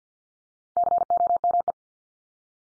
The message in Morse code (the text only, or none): COME